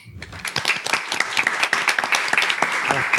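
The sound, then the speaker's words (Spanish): A burst of applause from a small group, dense overlapping claps that start abruptly and keep up a steady, lively patter for a few seconds. “¡Aplauso!”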